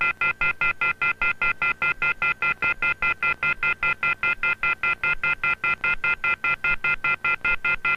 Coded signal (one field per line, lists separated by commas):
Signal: telephone call progress tone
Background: music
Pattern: off-hook warning tone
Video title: Oklahoma Emergency Alert System Tornado Warning (1999)